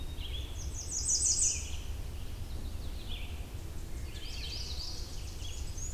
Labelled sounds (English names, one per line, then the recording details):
Red-eyed Vireo song
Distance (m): 60 m
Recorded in boreal forest in Alberta, Canada, on 21 June 2016 at 06:49
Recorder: SongMeter 3, array SBT-6-81
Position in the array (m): 15 m, 186 m